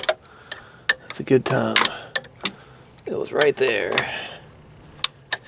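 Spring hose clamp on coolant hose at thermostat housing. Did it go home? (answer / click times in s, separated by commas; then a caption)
yes / 5.0 s, 5.3 s. A metal spring hose clamp on a rubber coolant hose is worked back into its old worn groove on the thermostat housing neck, with sharp metallic ticks and handling noises throughout while someone talks. The clamp snaps into place with clicks at 5.0 s and 5.3 s, seating it back where it was.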